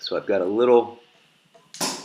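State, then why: Released. Someone talks, then the clasp lid on a glass fermentation jar of water kefir is undone so the batch can be drained. It clicks open at 1.7 s and 1.8 s, followed by a brief bright hiss as a little pressure escapes without anything dramatic.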